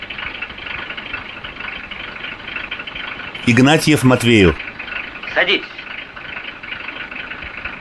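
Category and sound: vehicle, car engine idling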